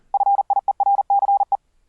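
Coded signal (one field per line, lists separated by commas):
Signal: Morse code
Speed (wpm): 41 wpm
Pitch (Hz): 800 Hz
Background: none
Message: FIERCE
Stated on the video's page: Morse code from Windows software: paddles, bugs and keys via serial port keying a raised-cosine code practice oscillator; also FLdigi, softCW, MIDI-keyed oscillator.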